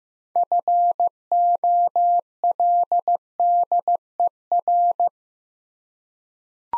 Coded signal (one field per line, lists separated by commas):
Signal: Morse code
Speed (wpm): 15 wpm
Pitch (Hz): 700 Hz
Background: none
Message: FOLDER